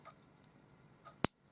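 A hinged metal binder book ring is clicked shut once more, closing into its own latch. After quiet handling, a single sharp, bright snap lands at 1.3 s as the ring seats firmly, the click of a good-quality ring.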